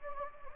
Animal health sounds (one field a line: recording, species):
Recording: mosquito wingbeat signal from an infrared sensor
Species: Anopheles gambiae